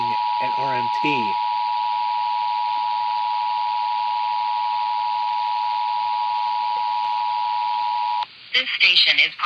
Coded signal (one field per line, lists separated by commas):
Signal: Emergency Alert System (SAME) tones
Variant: 853 and 960 Hz attention tone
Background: speech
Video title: MORE MONITORING STATIONS... EAS Tests from February 2023 (EAS #1,891 - 1,972)